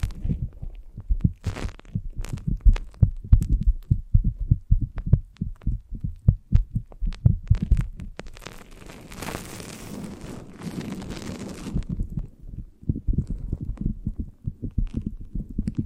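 Foamy brain massage sounds: dense low, soft thumps and squelches tapping rapidly, with a hissy foamy rustle swelling from about eight to twelve seconds.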